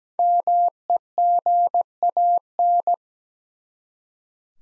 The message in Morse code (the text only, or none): MEGAN